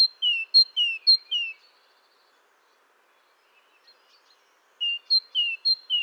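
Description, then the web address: Great tit's two-syllable song, a high note dropping to a lower slurred one, repeated three times, a quiet pause with soft faint chips, then the phrase resumes. "SETE data Parus major"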